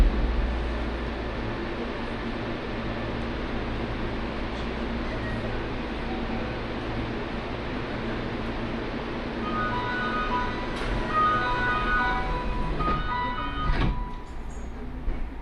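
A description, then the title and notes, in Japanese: A steady low rumble of a moving train on the Osaka Loop Line fills the whole stretch, with a constant hum underneath. From around ten seconds a series of short bright tones rises over the noise, and a sharp clatter comes near fourteen seconds. 耳で楽しむ鉄道旅 ＪＲ難波→新今宮→京橋→鴫野。大阪環状線の内回り電車に乗り換えて京橋に向かいます。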